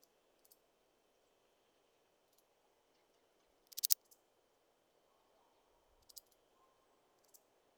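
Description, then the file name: Saddle bush-cricket song: a few sparse, short bursts of dry clicking pulses, the loudest a train of several pulses growing louder. "Uromenus rugosicollis"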